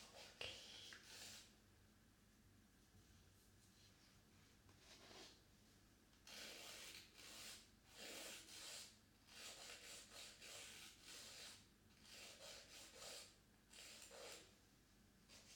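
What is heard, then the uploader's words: Soft brushing strokes from painting nails, coming in short hissy bursts with brief pauses between. A sharp tap lands near the start, then the strokes grow steadier and more regular from about six seconds on, over a low, faint hum. Painting My Nails.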